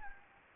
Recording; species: mosquito wingbeat signal from an infrared sensor; Anopheles gambiae